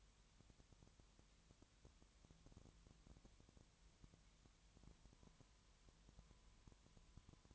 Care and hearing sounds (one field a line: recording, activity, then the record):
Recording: daily activity, microphone in the room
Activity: no activity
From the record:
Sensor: 3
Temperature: 20.6 degrees Celsius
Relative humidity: 34.7%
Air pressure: 1007.2 hPa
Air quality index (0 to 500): 136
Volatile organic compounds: 3 ppm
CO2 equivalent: 1519 ppm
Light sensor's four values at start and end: 2/3/2/2 and 2/3/2/2